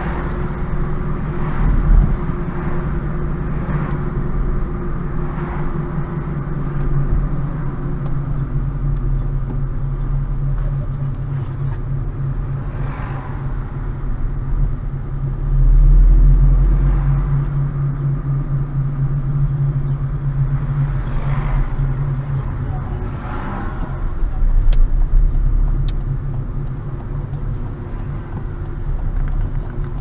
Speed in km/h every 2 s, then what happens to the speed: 35, 35, 35, 29, 22, 22, 20, 22, 27, 25, 20, 16, 20, 18, 16.
4-8 slows to 22. 8-18 steady at about 22. 18-22 slows to 16. 22-30 steady at about 16.